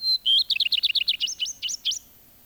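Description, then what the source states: Common Redstart song: a sustained high whistle, then a rapid string of repeated down-slurred notes turning into a set of rising, looping phrases at the end. Field recording released on cassette in Finland in 1987.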